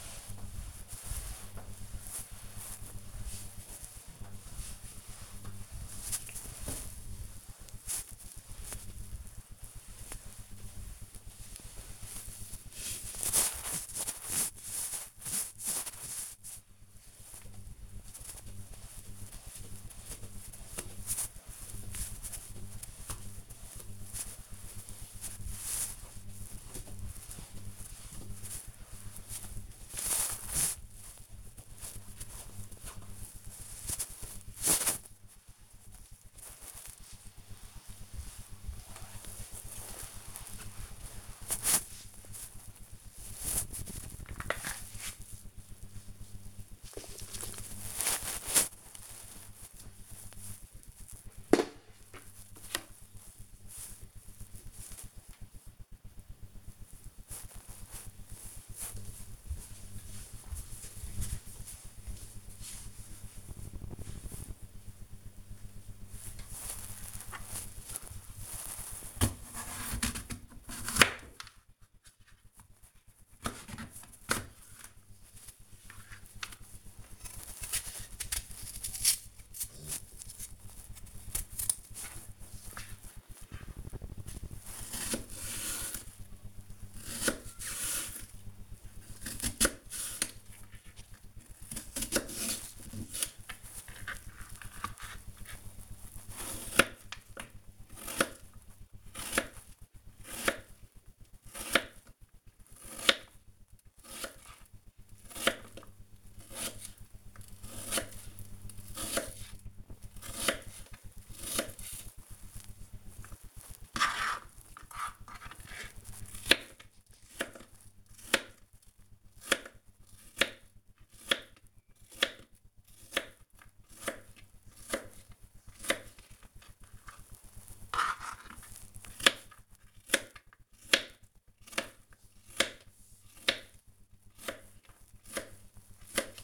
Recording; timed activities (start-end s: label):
household activities, microphone on the right wrist
0.00-47.37 s: floor cleaning
65.55-136.44 s: cutting vegetables